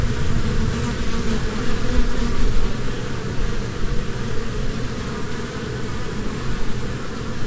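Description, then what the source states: Honey bee swarm humming, a thick continuous drone of many wingbeats with gentle rises in loudness. Humming of a swarm from a beehive.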